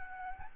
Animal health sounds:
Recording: mosquito wingbeat signal from an infrared sensor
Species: Aedes albopictus

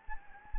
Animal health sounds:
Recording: mosquito wingbeat signal from an infrared sensor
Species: Anopheles gambiae

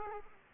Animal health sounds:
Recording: mosquito wingbeat signal from an infrared sensor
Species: Culex quinquefasciatus

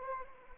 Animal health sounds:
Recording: mosquito wingbeat signal from an infrared sensor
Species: Anopheles arabiensis

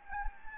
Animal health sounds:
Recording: mosquito wingbeat signal from an infrared sensor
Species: Anopheles gambiae

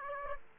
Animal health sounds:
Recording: mosquito wingbeat signal from an infrared sensor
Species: Aedes aegypti

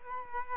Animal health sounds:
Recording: mosquito wingbeat signal from an infrared sensor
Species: Culex quinquefasciatus

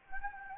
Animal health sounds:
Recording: mosquito wingbeat signal from an infrared sensor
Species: Anopheles gambiae

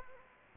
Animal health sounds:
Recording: mosquito wingbeat signal from an infrared sensor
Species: Anopheles arabiensis

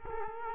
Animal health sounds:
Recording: mosquito wingbeat signal from an infrared sensor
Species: Culex quinquefasciatus

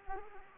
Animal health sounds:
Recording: mosquito wingbeat signal from an infrared sensor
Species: Anopheles arabiensis

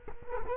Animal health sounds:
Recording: mosquito wingbeat signal from an infrared sensor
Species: Culex quinquefasciatus

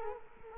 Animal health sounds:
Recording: mosquito wingbeat signal from an infrared sensor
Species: Culex quinquefasciatus

